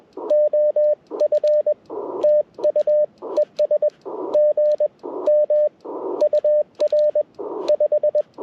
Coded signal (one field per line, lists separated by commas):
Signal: Morse code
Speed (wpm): 21 wpm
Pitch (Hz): 600 Hz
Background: radio noise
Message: OF TU ES GM UR 5